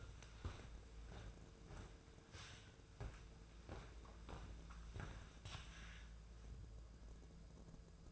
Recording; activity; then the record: daily activity, microphone in the room; walk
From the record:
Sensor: 2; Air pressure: 1005.4 hPa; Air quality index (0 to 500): 102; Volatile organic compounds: 2 ppm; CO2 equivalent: 1243 ppm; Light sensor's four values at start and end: 5/11/5/5 and 8/20/8/8